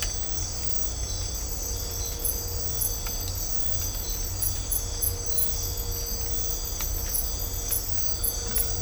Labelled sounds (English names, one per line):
none